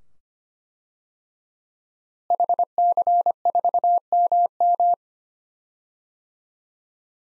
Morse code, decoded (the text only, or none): HC4MM